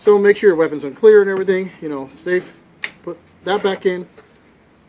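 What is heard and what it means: After the rifle is cleared, a magazine, most likely its detachable box magazine, is pushed back into the magazine well of a Henry U.S. Survival AR-7 semi-automatic .22 rifle while someone talks. A sharp, short snap at 2.8 s is followed by a softer click at 3.1 s as the magazine seats.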